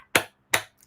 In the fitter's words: Vitamix snap gotta love it